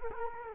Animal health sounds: mosquito wingbeat signal from an infrared sensor; Culex quinquefasciatus

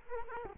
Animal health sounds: mosquito wingbeat signal from an infrared sensor; Culex quinquefasciatus

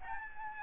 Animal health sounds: mosquito wingbeat signal from an infrared sensor; Aedes albopictus

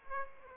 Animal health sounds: mosquito wingbeat signal from an infrared sensor; Aedes aegypti

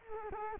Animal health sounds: mosquito wingbeat signal from an infrared sensor; Culex quinquefasciatus

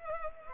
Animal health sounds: mosquito wingbeat signal from an infrared sensor; Culex pipiens

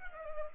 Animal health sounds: mosquito wingbeat signal from an infrared sensor; Culex pipiens

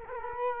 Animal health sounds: mosquito wingbeat signal from an infrared sensor; Culex quinquefasciatus

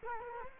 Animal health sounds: mosquito wingbeat signal from an infrared sensor; Culex quinquefasciatus

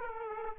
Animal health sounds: mosquito wingbeat signal from an infrared sensor; Aedes aegypti

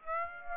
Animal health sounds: mosquito wingbeat signal from an infrared sensor; Aedes aegypti

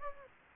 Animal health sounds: mosquito wingbeat signal from an infrared sensor; Anopheles gambiae

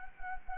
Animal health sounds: mosquito wingbeat signal from an infrared sensor; Anopheles gambiae

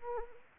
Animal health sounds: mosquito wingbeat signal from an infrared sensor; Anopheles arabiensis

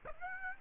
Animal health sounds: mosquito wingbeat signal from an infrared sensor; Aedes aegypti

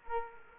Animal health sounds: mosquito wingbeat signal from an infrared sensor; Culex quinquefasciatus

